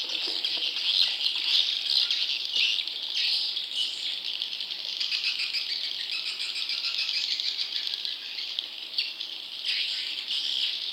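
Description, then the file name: Swiftlet calls: a dense, continuous high chirping and rattling chatter, steady throughout with slight surges. "suara burung walet"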